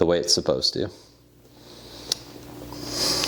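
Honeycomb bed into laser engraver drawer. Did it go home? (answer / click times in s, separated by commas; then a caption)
yes / 2.1 s. Someone talks briefly as the honeycomb lattice bed of a laser engraver is set back into the machine drawer, with its pins dropping a couple of millimetres into holes to lock it in position. After a quiet stretch, a single sharp click lands at 2.1 s as the bed seats in place, followed by a rising hiss.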